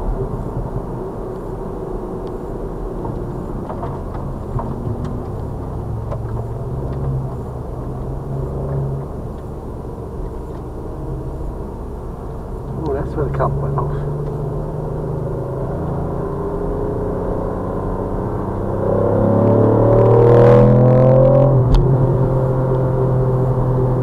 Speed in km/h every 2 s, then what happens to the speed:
77, 72, 63, 58, 56, 55, 58, 64, 72, 82, 98, 106.
0-11 slows to 55. 11-21 speeds up to 106.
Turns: none.